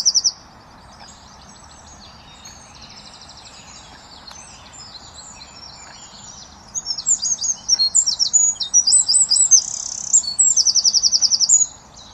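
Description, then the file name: Eurasian wren singing a loud, rapid, high-pitched outpouring of trills and twittering notes, mostly in the second half, with a brief chip at the start. "Troglodytes troglodytes"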